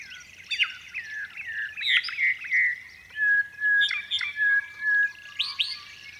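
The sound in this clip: Honeyeater song of rich, liquid whistled phrases, some rising and some falling, given in short bursts with brief pauses.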